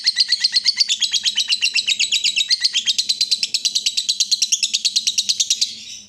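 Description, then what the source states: Yellow-vented bulbul chatter: rapid, pulsed high notes that rise gradually in pitch, then stop abruptly before the end, with a faint low hum underneath. Used as a bird lure (pikat).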